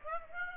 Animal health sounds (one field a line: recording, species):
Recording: mosquito wingbeat signal from an infrared sensor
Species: Aedes aegypti